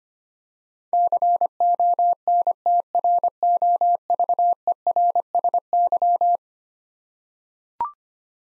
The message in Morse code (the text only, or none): CONTROVERSY